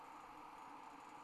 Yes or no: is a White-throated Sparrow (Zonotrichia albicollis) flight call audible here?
no